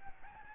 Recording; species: mosquito wingbeat signal from an infrared sensor; Aedes albopictus